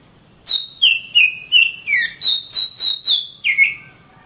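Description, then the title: Oriental magpie-robin song: a rapid chain of varied whistles, some high and level, others swooping down, without pause. Kacer, described as a champion master singer from Kalimantan and Sumatra, singing energetically (gacor). "Kicau Kacer Juara Master Kalimantan Sumatra Gacor"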